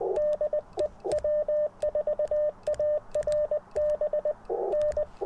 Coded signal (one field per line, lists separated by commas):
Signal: Morse code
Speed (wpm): 20 wpm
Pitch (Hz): 590 Hz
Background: radio noise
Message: DE W4ARB N